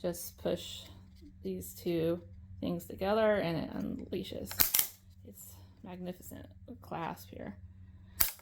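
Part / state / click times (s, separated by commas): clasp of a free-arm embroidery hoop / seated / 8.2 s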